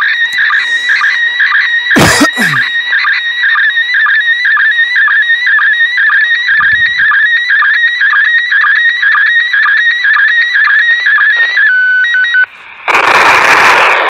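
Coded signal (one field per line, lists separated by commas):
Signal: SSTV (slow-scan television)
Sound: warbling tone around 1.5-2 kHz with a regular rhythmic stepping, ending in loud static hiss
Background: radio static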